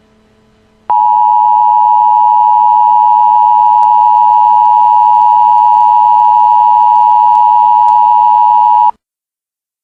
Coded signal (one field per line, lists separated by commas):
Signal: Emergency Alert System (SAME) tones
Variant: 853 and 960 Hz attention tone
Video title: EAS Scenario - Mario from "Super Mario Bros."